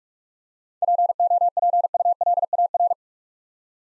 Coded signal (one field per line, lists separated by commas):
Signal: Morse code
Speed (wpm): 46 wpm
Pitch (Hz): 700 Hz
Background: none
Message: POPULAR